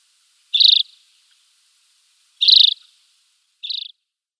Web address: Schulze Peter Alpine Accentor calls